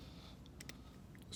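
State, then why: Seated. On a Cub Cadet LTX1045 with a Kohler Courage 20hp engine, during a carburetor replacement, the metal Z-hook on the throttle rod is fitted into the long slot of the carburetor throttle linkage lever. Two short, sharp clicks are heard at 0.6 and 0.7 seconds over a steady low background hum. The Z-hook snaps into place and is seated.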